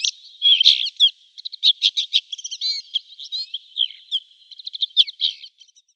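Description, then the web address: Red-backed shrike song: a rapid, scratchy babble mixing buzzy notes, quick chatters and a few thin whistles, delivered continuously for several seconds. "Schulze Peter Red-backed Shrike"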